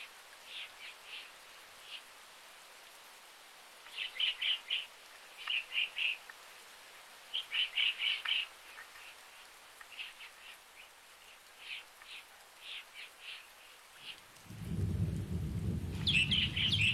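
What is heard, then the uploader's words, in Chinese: Rainforest birds call in short, bright bursts, often in quick clusters of three or four notes every second or two, over a soft, steady hiss of rain and water. Near the fourteen-second mark a loud, low rushing of water swells in and continues to the end. 雨林，鸟儿，小溪，水流，下雨。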